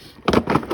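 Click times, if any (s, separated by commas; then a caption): 0.3 s. A Maxi-Cosi Mico 12 infant car seat is pushed down onto its frame until its steel attachment engages, giving a sharp hit at 0.3 s followed by a few softer knocks and rattles. The seat is locked onto the frame, so lifting the seat lifts the frame with it.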